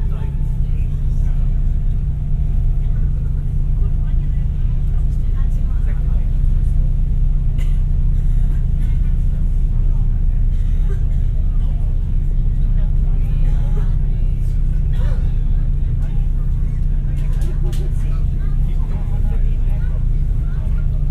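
A ferry crossing from Ryde to Portsmouth, filled with a steady, heavy engine rumble and a low drone that never lets up. Voices murmur indistinctly over it throughout, with occasional brief clicks and knocks at scattered moments, such as around seven and fifteen seconds.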